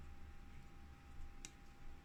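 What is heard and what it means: A small metal screw is turned counterclockwise in a threaded hole on a Sapphire AMD RX580 graphics card during reassembly, before the GPU screws are tightened. Over a low steady background hum, a single short, faint click sounds at 1.4 s as the screw drops into the start of the thread. The screw is seated.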